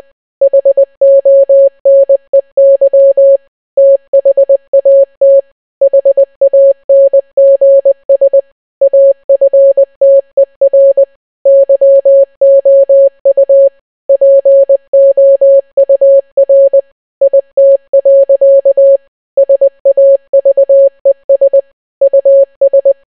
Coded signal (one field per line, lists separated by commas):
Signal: Morse code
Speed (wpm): 20 wpm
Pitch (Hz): 550 Hz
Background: none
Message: HONEY THAT HANGS AFTER YOU POUR IT. SAVES US